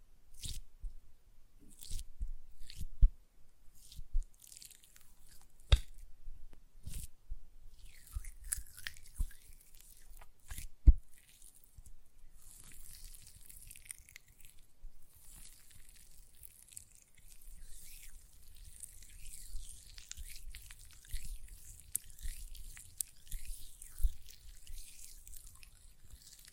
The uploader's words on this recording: ASMR Gel Lotion Hand Sounds (No Talking).